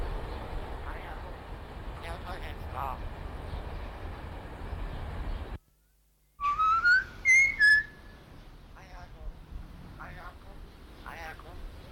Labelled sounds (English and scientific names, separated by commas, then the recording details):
Common Hill Myna (Gracula religiosa)
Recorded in captivity
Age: adult
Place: Zoo Berlin, Berlin, DE
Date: 1992-11-07
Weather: bedeckt, 14°C
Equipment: Marantz CP 430, Sennheiser ME 80, Kopie Tesla B 116
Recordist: Tembrock, Günter